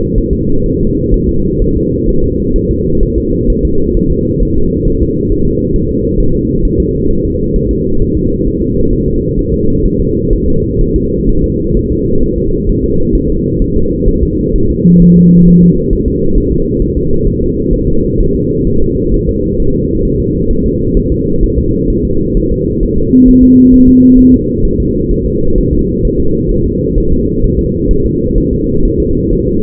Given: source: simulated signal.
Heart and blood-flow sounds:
fetal heart sounds
0.18 s: S1
0.33 s: S2
0.66 s: S1
0.81 s: S2
1.14 s: S1
1.29 s: S2
1.62 s: S1
1.77 s: S2
2.09 s: S1
2.24 s: S2
2.56 s: S1
2.71 s: S2
3.03 s: S1
3.18 s: S2
3.50 s: S1
3.65 s: S2
3.97 s: S1
4.12 s: S2
4.43 s: S1
4.57 s: S2
4.88 s: S1
5.02 s: S2
5.32 s: S1
5.47 s: S2
5.76 s: S1
5.91 s: S2
6.20 s: S1
6.35 s: S2
6.65 s: S1
6.80 s: S2
7.11 s: S1
7.25 s: S2
7.56 s: S1
7.71 s: S2
8.02 s: S1
8.17 s: S2
8.47 s: S1
8.62 s: S2
8.93 s: S1
9.08 s: S2
9.39 s: S1
9.54 s: S2
9.86 s: S1
10.00 s: S2
10.33 s: S1
10.48 s: S2
10.81 s: S1
10.96 s: S2
11.29 s: S1
11.44 s: S2
11.77 s: S1
11.92 s: S2
12.23 s: S1
12.38 s: S2
12.69 s: S1
12.84 s: S2
13.15 s: S1
13.30 s: S2
13.62 s: S1
13.77 s: S2
14.09 s: S1
14.23 s: S2
14.56 s: S1
14.70 s: S2
15.02 s: S1
15.17 s: S2
15.48 s: S1
15.63 s: S2
15.93 s: S1
16.08 s: S2
16.38 s: S1
16.52 s: S2
16.82 s: S1
16.97 s: S2
17.27 s: S1
17.42 s: S2
17.74 s: S1
17.88 s: S2
18.20 s: S1
18.35 s: S2
18.67 s: S1
18.82 s: S2
19.14 s: S1
19.29 s: S2
19.60 s: S1
19.75 s: S2
20.05 s: S1
20.20 s: S2
20.51 s: S1
20.66 s: S2
20.97 s: S1
21.12 s: S2
21.43 s: S1
21.58 s: S2
21.90 s: S1
22.05 s: S2
22.37 s: S1
22.52 s: S2
22.83 s: S1
22.98 s: S2
23.28 s: S1
23.43 s: S2
23.74 s: S1
23.89 s: S2
24.19 s: S1
24.34 s: S2
24.65 s: S1
24.80 s: S2
25.11 s: S1
25.26 s: S2
25.58 s: S1
25.73 s: S2
26.05 s: S1
26.20 s: S2
26.51 s: S1
26.66 s: S2
26.98 s: S1
27.12 s: S2
27.44 s: S1
27.59 s: S2
27.91 s: S1
28.06 s: S2
28.38 s: S1
28.53 s: S2
28.85 s: S1
29.00 s: S2
29.33 s: S1
29.48 s: S2
From the record:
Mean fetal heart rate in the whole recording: 130 bpm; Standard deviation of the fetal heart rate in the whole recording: 4 bpm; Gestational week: 38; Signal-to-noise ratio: -16.4 dB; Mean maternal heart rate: 72 bpm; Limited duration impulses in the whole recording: present

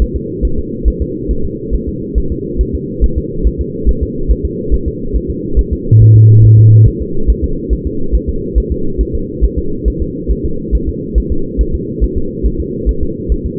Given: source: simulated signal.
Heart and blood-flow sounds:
fetal heart sounds
0.02 s: S1
0.16 s: S2
0.45 s: S1
0.59 s: S2
0.88 s: S1
1.02 s: S2
1.31 s: S1
1.45 s: S2
1.75 s: S1
1.88 s: S2
2.18 s: S1
2.32 s: S2
2.61 s: S1
2.75 s: S2
3.04 s: S1
3.18 s: S2
3.47 s: S1
3.61 s: S2
3.89 s: S1
4.03 s: S2
4.31 s: S1
4.45 s: S2
4.74 s: S1
4.88 s: S2
5.16 s: S1
5.30 s: S2
5.59 s: S1
5.73 s: S2
6.02 s: S1
6.16 s: S2
6.45 s: S1
6.59 s: S2
6.88 s: S1
7.02 s: S2
7.30 s: S1
7.44 s: S2
7.73 s: S1
7.87 s: S2
8.15 s: S1
8.29 s: S2
8.58 s: S1
8.72 s: S2
9.01 s: S1
9.15 s: S2
9.44 s: S1
9.59 s: S2
9.88 s: S1
10.02 s: S2
10.31 s: S1
10.45 s: S2
10.75 s: S1
10.89 s: S2
11.18 s: S1
11.32 s: S2
11.61 s: S1
11.75 s: S2
12.04 s: S1
12.18 s: S2
12.46 s: S1
12.60 s: S2
12.89 s: S1
13.03 s: S2
13.32 s: S1
13.46 s: S2
From the record:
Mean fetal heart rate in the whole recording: 140 bpm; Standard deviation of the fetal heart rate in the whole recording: 2 bpm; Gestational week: 34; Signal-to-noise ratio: -8.1 dB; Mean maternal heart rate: 72 bpm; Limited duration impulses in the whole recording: present

